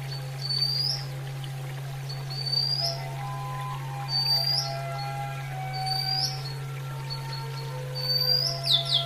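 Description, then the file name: Oriental magpie-robin whistling short rising high notes about every two seconds, ending in a quick burst of downslurred notes, over a faint lower tonal sound and steady hum. Female bird, nature-therapy sound. "terapi alam kacer betina"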